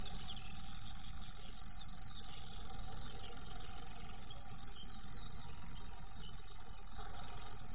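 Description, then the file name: Common grasshopper warbler reeling steadily throughout, a thin, very high, fast mechanical trill that never pauses, with a low background rumble. "grasshopper warbler omkicau"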